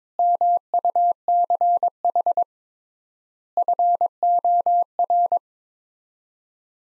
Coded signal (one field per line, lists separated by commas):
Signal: Morse code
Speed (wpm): 22 wpm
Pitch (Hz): 700 Hz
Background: none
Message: MUCH FOR